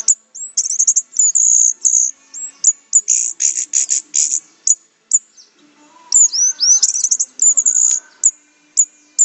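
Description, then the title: Orange-headed thrush pouring out dense, high chattering and whistled phrases, including a buzzy rapid run, with short pauses between bursts. "Anis Merah"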